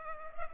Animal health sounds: mosquito wingbeat signal from an infrared sensor; Culex pipiens

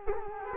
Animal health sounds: mosquito wingbeat signal from an infrared sensor; Culex quinquefasciatus

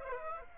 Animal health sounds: mosquito wingbeat signal from an infrared sensor; Aedes aegypti

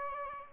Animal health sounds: mosquito wingbeat signal from an infrared sensor; Aedes albopictus

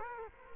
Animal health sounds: mosquito wingbeat signal from an infrared sensor; Culex quinquefasciatus

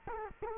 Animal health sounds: mosquito wingbeat signal from an infrared sensor; Culex quinquefasciatus

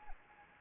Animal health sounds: mosquito wingbeat signal from an infrared sensor; Anopheles arabiensis

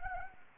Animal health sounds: mosquito wingbeat signal from an infrared sensor; Anopheles gambiae

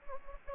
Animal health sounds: mosquito wingbeat signal from an infrared sensor; Anopheles gambiae

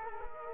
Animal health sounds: mosquito wingbeat signal from an infrared sensor; Culex quinquefasciatus

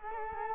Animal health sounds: mosquito wingbeat signal from an infrared sensor; Culex quinquefasciatus

